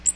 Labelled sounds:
Magnolia Warbler (Setophaga magnolia) flight call

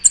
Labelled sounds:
American Redstart (Setophaga ruticilla) flight call

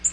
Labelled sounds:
Black-throated Green Warbler (Setophaga virens) flight call

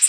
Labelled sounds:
Worm-eating Warbler (Helmitheros vermivorum) flight call

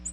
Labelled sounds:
Ovenbird (Seiurus aurocapilla) flight call

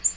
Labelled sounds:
Black-throated Green Warbler (Setophaga virens) flight call

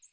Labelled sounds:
American Redstart (Setophaga ruticilla) flight call

